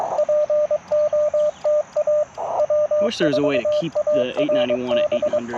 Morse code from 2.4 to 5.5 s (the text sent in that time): W4ARB